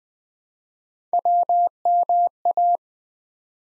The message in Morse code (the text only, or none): WMA